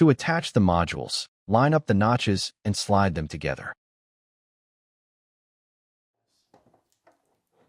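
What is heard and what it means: Someone talks for the first few seconds while two plastic meter modules are lined up by their notches to be slid together. After near silence, faint, brief handling sounds come at about 6.5, 6.7 and 7.1 seconds. The modules have not clicked or locked together yet.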